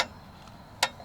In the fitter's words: That's the click that it makes when it comes to torquing it.